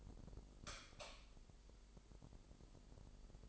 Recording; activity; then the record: daily activity, microphone in the room; light off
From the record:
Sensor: 5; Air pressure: 995.4 hPa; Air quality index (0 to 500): 90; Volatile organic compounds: 4 ppm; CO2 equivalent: 1701 ppm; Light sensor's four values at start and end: 35/85/34/35 and 34/80/32/32